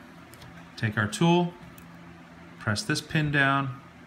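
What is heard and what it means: A tool presses down on the spring pin of a watch band link for a Lunatik Epik Apple Watch case, setting it into the adjoining link. Someone talks over faint ticks near 0.3 and 1.8 seconds, and the pin has not yet locked or seated by the end.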